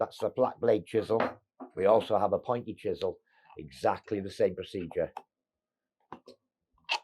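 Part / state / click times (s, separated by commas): pointed chisel into rotary hammer SDS chuck / not seated / none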